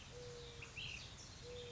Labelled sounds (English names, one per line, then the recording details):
Ash-throated Flycatcher
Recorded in Sonoma County, California